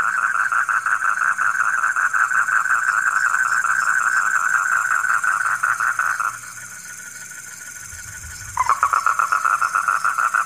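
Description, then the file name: Frogs calling in rapid pulsed bursts that stop abruptly for about two seconds, leaving a quieter thinner call, then resume loudly. Frogs heard at night. "suara kodok di malam hari"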